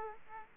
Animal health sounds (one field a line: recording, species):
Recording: mosquito wingbeat signal from an infrared sensor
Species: Aedes aegypti